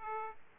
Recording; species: mosquito wingbeat signal from an infrared sensor; Aedes aegypti